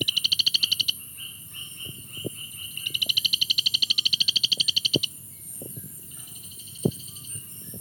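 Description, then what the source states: Rana baramica call: rapid trains of sharp clicking pulses in a few short bursts, over a steady high whine and scattered knocks. Recorded at Mulu.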